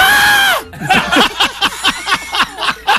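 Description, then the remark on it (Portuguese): A short, high-pitched scream holds for about half a second and then drops away, followed by a run of quick, rhythmic bursts of laughter. “Isso quando não vem só o grito sem o assunto também, né?”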